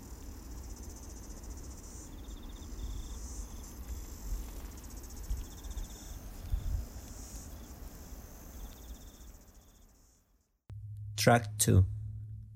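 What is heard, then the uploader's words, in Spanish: New Zealand summer sounds: crickets chirp in steady high pulses over a low rumble, cut off near ten seconds before two sharp clicks. Este es un audio ambiental, de los ahora nostálgicos sonidos del verano Neozelandés, es una postal auditiva desde el pequeño pueblo de Mangawhai.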